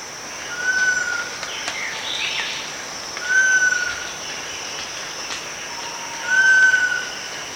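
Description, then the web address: Giant pitta calls with a long, level-to-falling whistle three times, spaced roughly three seconds apart, over a constant high-pitched insect hum. At Danum on 1 August 2009. "DANUM 20090801. giant pitta"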